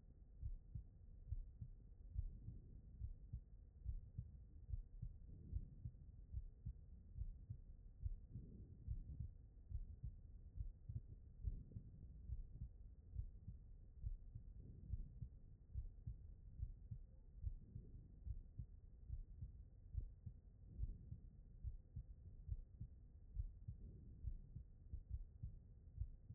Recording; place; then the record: heart sounds by stethoscope; aortic valve (AV)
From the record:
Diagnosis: non-HFrEF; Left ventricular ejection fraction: 64%